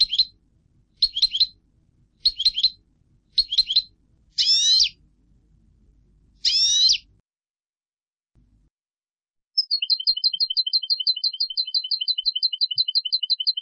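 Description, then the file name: European goldfinch song: short twittering bursts roughly every second, two louder sweeping phrases, then a long rapid trill of alternating high and lower notes. "Carduelis carduelis"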